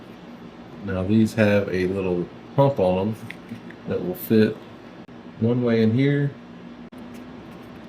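A crimped terminal pin on a speaker wire is handled at a plastic connector housing while someone talks. The pin has a small bump that lets it fit only one way. Nothing has seated or clicked yet.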